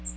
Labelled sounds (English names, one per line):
Magnolia Warbler flight call